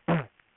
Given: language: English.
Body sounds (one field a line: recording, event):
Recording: throat vibration sensor signal played as sound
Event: throat clearing